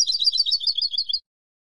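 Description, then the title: European goldfinch song: a loud, dense stream of high, liquid twittering notes tumbling rapidly for just over a second. "Jilguero"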